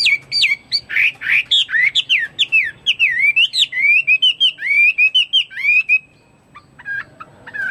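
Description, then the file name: Chinese hwamei singing a rich run of clear whistles, each note swooping up and down, delivered rapidly for six seconds before a short pause and a few softer notes. "omkicau hwamei"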